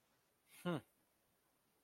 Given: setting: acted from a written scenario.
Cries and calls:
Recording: vocal sound without words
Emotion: contempt

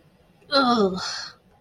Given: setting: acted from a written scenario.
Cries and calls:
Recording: vocal sound without words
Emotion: disgust

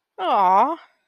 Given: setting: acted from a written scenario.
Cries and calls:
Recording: vocal sound without words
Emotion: adoration

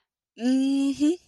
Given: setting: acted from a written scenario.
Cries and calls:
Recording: vocal sound without words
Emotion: triumph

